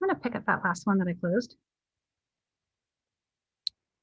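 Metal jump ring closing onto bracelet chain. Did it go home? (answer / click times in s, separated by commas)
yes / 3.7 s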